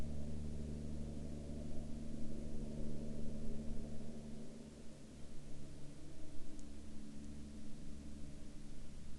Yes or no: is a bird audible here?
no